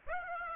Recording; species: mosquito wingbeat signal from an infrared sensor; Aedes aegypti